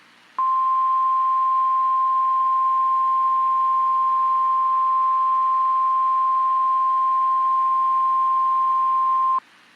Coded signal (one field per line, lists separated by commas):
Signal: Emergency Alert System (SAME) tones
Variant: 1050 Hz attention tone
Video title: Severe Thunderstorm Warning Texas Noaa Weather Radio Station WXK 38 Amarillo TX 5/23/26